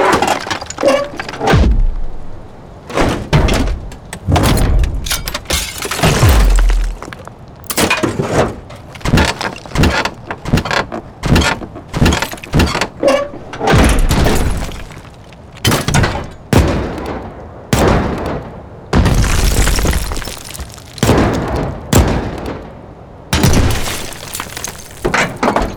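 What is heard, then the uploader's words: Mechanical robot sounds: a dense run of short clanks, thuds and hissing servo bursts, packed closely with brief pauses. Heavy low knocks like doors sliding or slamming mix with bright, sharp hisses, occasional tonal whirs, and a loud thump near six seconds. Carefully recorded and designed mechanized robot/droid sound effects. Robot Sound Effects.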